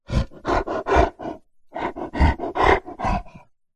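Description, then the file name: Big cat panting in breathy, rasping bursts, a run of quick huffs, a brief pause, then another rhythmic series of harsh exhalations. Lion or tiger; breathy panting, curious and playful. "zapsplat animals big cat"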